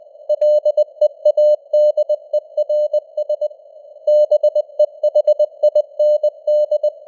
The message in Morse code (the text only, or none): LEADERS BEHIND